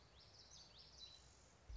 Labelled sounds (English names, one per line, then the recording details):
Common Yellowthroat
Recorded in Sonoma County, California